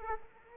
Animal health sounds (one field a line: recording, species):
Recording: mosquito wingbeat signal from an infrared sensor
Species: Culex quinquefasciatus